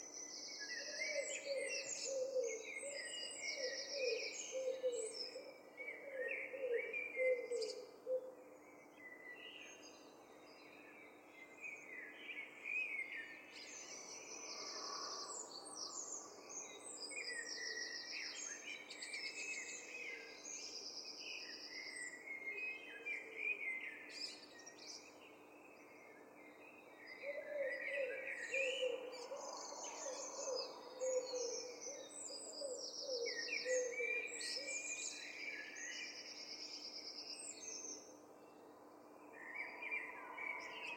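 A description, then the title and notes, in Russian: A dawn chorus of birds, with many overlapping chirps and trills sounding continuously through the whole stretch. A lower, warbling song rises twice, around 3–9 seconds and again near 27–35 seconds, over a steady faint hum underneath. Лондонский Рассветный Хор. Рассветный хор птиц.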